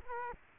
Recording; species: mosquito wingbeat signal from an infrared sensor; Culex quinquefasciatus